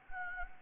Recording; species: mosquito wingbeat signal from an infrared sensor; Anopheles gambiae